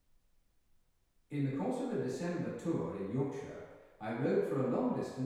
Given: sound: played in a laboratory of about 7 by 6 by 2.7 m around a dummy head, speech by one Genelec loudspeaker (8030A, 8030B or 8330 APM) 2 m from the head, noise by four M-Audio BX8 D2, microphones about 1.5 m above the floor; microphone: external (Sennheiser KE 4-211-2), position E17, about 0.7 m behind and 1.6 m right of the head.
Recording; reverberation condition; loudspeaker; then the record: male speech in English; high; in front (0 degrees)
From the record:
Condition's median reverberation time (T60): about 1300 ms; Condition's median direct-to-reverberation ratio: about -4.0 dB